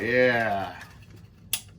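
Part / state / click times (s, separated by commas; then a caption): sheet-metal manifold tabs into a tin can stove body / seated / 1.5 s. Someone talks as a sheet-metal manifold cut from a tin can's lid is pushed into the tin can stove body. A single sharp metallic click at 1.5 seconds marks its tabs catching and locking in, so the manifold is seated.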